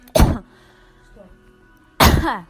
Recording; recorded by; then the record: voluntary cough; messaging app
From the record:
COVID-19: negative